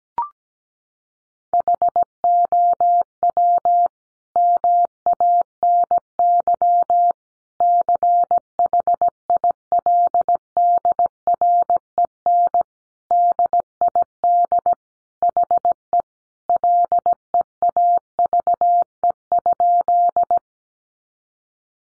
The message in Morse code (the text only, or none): HOW MANY CHILDREN DID HE LEAVE?